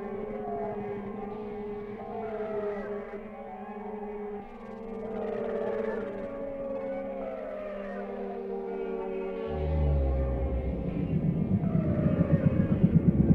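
Whale song: a long run of overlapping harmonic sweeps and moans, some rising, some falling, with a low hum that grows into heavy rumbling near the end.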